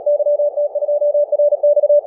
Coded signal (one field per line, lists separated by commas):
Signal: Morse code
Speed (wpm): 37 wpm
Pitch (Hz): 620 Hz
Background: none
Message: YT2RX